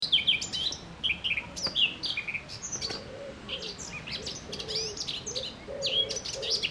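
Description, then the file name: Eurasian blackcap, jerky high twittering and whistled phrases throughout, with soft lower notes in the background. "Sylvia atricapilla"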